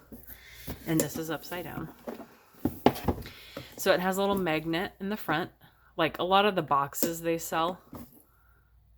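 Someone talks while handling a cardboard storage box with a magnetic-closure lid from a Michaels/Recollections birthday cardmaking kit, turning it upside down to show the little magnet on its front catch. A few brief handling taps sound around 2.6 to 3.6 seconds. The lid has not yet clicked shut onto its magnetic catch by the end of the clip.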